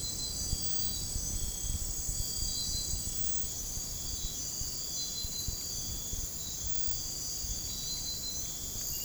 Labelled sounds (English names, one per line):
none